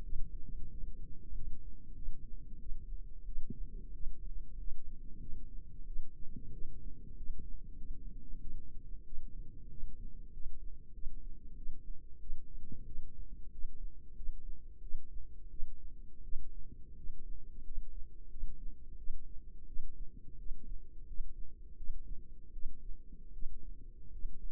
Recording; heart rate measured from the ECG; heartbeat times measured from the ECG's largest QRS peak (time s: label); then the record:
heart sounds by microphone in the left ear; 90 bpm
0.03 s: heartbeat
0.70 s: heartbeat
1.34 s: heartbeat
1.95 s: heartbeat
2.59 s: heartbeat
3.25 s: heartbeat
3.93 s: heartbeat
4.58 s: heartbeat
5.20 s: heartbeat
5.86 s: heartbeat
6.52 s: heartbeat
7.16 s: heartbeat
7.77 s: heartbeat
8.41 s: heartbeat
9.05 s: heartbeat
9.70 s: heartbeat
10.32 s: heartbeat
10.93 s: heartbeat
11.56 s: heartbeat
12.20 s: heartbeat
12.86 s: heartbeat
13.51 s: heartbeat
14.15 s: heartbeat
14.81 s: heartbeat
15.50 s: heartbeat
16.23 s: heartbeat
16.96 s: heartbeat
17.64 s: heartbeat
18.30 s: heartbeat
18.97 s: heartbeat
19.66 s: heartbeat
20.38 s: heartbeat
21.07 s: heartbeat
21.76 s: heartbeat
22.52 s: heartbeat
23.33 s: heartbeat
24.11 s: heartbeat
From the record:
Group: healthy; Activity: rest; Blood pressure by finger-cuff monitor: 118/76 mmHg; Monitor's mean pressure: 86 mmHg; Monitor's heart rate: 91 bpm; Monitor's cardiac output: 7.1 L/min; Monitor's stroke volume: 77 mL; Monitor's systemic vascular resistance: 890 dyn s/cm5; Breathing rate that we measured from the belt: 19 breaths a minute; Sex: female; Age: 22 years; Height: 163 cm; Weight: 67.1 kg